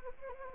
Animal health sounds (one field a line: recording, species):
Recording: mosquito wingbeat signal from an infrared sensor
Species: Anopheles arabiensis